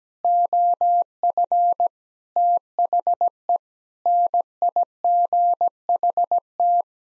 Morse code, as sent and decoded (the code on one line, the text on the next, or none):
--- ..-. / - .... . / -. .. --. .... -
OF THE NIGHT